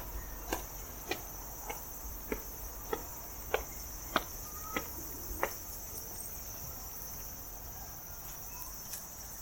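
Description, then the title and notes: Cicada song, a steady high shrill drone throughout, with sharp clicks about every half second in the first half that then stop. Recorded 16 September 2022, day 11; the recordist is unsure whether it is a large brown cicada or a bear cicada. "アブラゼミ？クマゼミ？ ＃あさりー"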